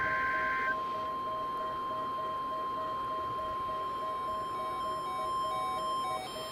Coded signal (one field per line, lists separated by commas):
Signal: Emergency Alert System (SAME) tones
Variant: 1050 Hz attention tone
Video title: NOAA Required Weekly Tests (EAS #1062-1066)